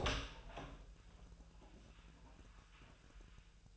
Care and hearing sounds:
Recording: daily activity, microphone in the room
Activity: open door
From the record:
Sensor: 2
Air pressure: 1001.4 hPa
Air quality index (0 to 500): 244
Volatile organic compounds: 78 ppm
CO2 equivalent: 3590 ppm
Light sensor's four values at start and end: 9/21/9/9 and 8/19/8/8

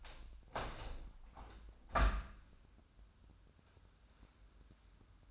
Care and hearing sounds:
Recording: daily activity, microphone in the room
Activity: open window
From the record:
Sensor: 2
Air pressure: 1006.2 hPa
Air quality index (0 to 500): 178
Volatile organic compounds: 9 ppm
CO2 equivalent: 2168 ppm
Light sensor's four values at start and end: 8/20/8/8 and 9/21/9/9

